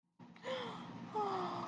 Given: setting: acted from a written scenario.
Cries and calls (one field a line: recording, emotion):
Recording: vocal sound without words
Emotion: sympathy